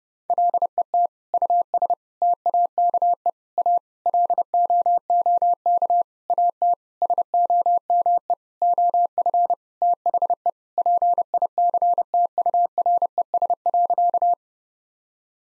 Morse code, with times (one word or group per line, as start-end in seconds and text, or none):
0.3-1.1 LET
1.3-1.9 US
2.2-3.3 TAKE
3.6-3.8 A
4.1-6.0 LOOK
6.3-6.7 AT
7.0-8.3 SOME
8.6-9.5 OF
9.8-10.5 THE
10.8-14.3 PICTURES.